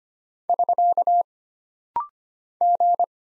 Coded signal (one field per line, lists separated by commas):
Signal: Morse code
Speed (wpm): 25 wpm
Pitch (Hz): 700 Hz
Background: none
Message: <SK> G